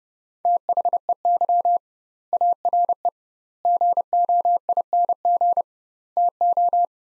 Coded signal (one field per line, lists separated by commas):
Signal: Morse code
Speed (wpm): 32 wpm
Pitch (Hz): 700 Hz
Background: none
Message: THEY ARE GOING TO